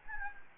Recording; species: mosquito wingbeat signal from an infrared sensor; Anopheles gambiae